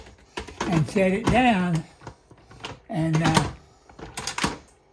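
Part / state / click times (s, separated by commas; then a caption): lid on electric pressure cooker pot / seated / 4.2 s, 4.3 s. Someone talks as the lid of an electric pressure cooker, its handle at the unlock position, is set down on the pot with a few light knocks and then turned. Clicks at 4.2 s and 4.3 s mark the lid locking in place on the pot.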